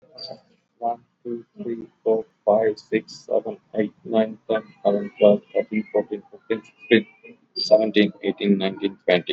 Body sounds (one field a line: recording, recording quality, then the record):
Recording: counting at a normal pace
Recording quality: excellent, no background noise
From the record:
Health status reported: exposed to COVID-19, no respiratory illness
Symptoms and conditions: cough, cold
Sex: male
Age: 30 years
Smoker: no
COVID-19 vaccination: both doses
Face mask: worn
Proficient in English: yes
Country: India